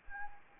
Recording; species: mosquito wingbeat signal from an infrared sensor; Anopheles arabiensis